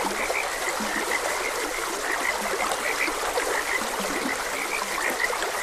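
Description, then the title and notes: Frogs calling with rapid short croaks, some lower throaty notes too, over a continuous wash of flowing water. Frogs croaking beside a gentle stream. "Gentle Stream and Frogs Croaking. Sleep and Relaxation Podcast"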